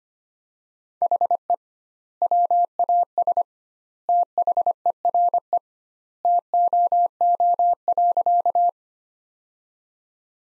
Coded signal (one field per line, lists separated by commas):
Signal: Morse code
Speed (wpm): 25 wpm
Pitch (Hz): 700 Hz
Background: none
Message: HE WAS THERE TOO.